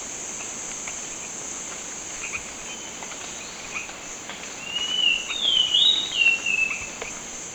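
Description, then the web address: Thrush-like schiffornis whistled phrase near the end, a few slurred notes, after several seconds of steady insect buzzing. Recorded in Ecuador. "Birds of Ecuador. Thrush-Like Schiffornis"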